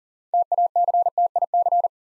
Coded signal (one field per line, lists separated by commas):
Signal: Morse code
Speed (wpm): 38 wpm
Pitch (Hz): 700 Hz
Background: none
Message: TACTIC